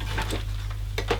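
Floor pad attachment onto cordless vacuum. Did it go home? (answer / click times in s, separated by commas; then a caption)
no / none. A floor pad attachment is handled as it is fitted onto an Easine by Ilife H55 cordless vacuum cleaner, with light plastic tapping and scraping, a low steady hum, and two sharper plastic knocks near 1.0 and 1.1 seconds. Nothing has seated or clicked yet.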